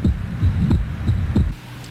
Normal heart.